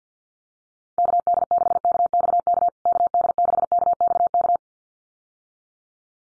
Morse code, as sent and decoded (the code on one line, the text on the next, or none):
-.- -.. -.... -.- -..- -.- / -.- -.. -.... -.- -..- -.-
KD6KXK KD6KXK